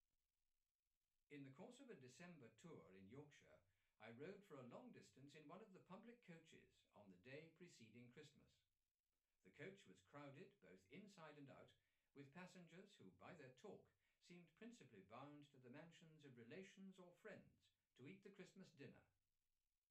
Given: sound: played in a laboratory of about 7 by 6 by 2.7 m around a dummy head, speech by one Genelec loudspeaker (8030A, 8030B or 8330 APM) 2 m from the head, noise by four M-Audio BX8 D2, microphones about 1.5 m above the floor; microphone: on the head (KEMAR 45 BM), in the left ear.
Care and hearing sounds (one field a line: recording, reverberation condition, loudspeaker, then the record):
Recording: male speech in English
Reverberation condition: low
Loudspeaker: 90 degrees to the right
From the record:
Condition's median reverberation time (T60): about 310 ms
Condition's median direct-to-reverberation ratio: about 3.5 dB